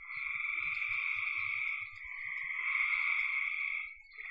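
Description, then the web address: Frogs calling in a dense chorus, a continuous buzzy trill with a steady high hiss above, swelling and dipping in loudness throughout. "cn frogs"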